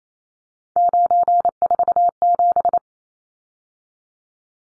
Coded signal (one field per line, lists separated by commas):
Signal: Morse code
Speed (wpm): 28 wpm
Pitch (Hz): 700 Hz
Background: none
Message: 947